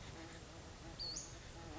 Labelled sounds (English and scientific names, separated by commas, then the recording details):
Western Flycatcher (Empidonax difficilis)
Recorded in Sonoma County, California